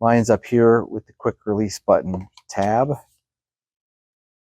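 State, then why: Not seated. Someone talks while the wand of a Riccar R27P Pet upright vacuum is lined up with the arrow marking the latch mechanism and the quick-release button tab on the vacuum body. The wand is being handled, but nothing has seated or clicked into place yet.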